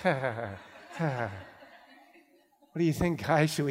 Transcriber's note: nervous laugh